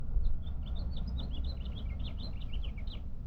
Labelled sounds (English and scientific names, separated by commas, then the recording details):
House Finch (Haemorhous mexicanus) song
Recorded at Lawrence on Long Island, New York, on 4 June 1975
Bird E